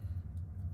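The screw-down crown on the stainless steel case of an Invicta 61mm Gladiator watch is pushed back in, pressed down and turned so it will lock and keep the time from getting lost. Only a steady low rumble is heard, with no sharp transients. Nothing has seated or clicked yet.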